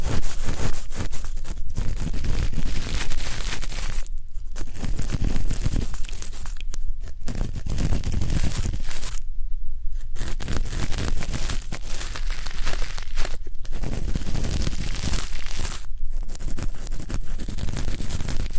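Deep ear canal and eardrum cleaning sounds: dense, crackling scraping and rustling fill the clip almost without pause, heavy in the low end. Brief softer dips break the texture at irregular moments, near 4, 7, 9.5 and 16 seconds, before the steady scratching resumes.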